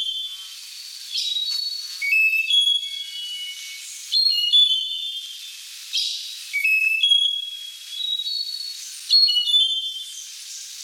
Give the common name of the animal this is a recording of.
Slaty-backed Nightingale-Thrush